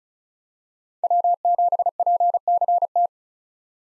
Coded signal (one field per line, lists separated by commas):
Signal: Morse code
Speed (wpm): 36 wpm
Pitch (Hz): 700 Hz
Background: none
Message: W7PCT